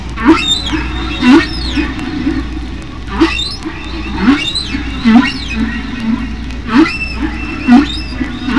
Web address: Songs of the humpback whale